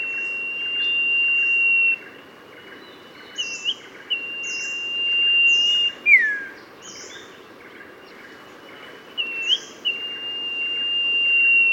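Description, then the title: Oriental magpie-robin singing drawn-out, level whistles broken by brief rising flicks and a sharp downslurred note, over steady background noise. "Kicau Kacer"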